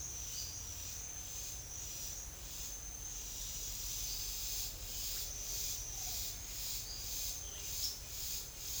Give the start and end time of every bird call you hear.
[7.75, 7.96] bird call (3.3-5.6 kHz)

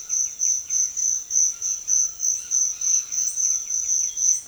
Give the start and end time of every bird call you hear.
[0.00, 4.46] bird call (1.1-4.2 kHz)

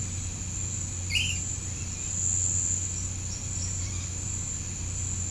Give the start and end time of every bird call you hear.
[1.07, 1.41] bird call (1.8-5.7 kHz)

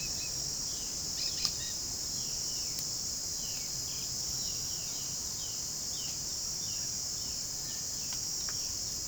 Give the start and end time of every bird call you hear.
[0.00, 1.78] bird call (1.2-5.5 kHz)
[2.12, 9.07] bird call (1.6-4.8 kHz)

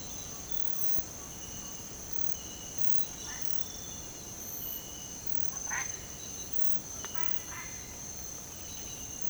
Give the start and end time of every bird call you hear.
[0.00, 1.36] bird call (0.8-1.2 kHz)

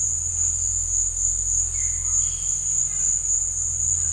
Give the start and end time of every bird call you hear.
[1.74, 2.51] bird call (0.8-4.2 kHz)

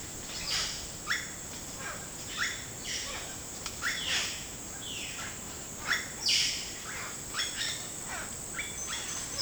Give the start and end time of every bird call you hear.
[0.00, 9.41] bird call (0.6-6.1 kHz)

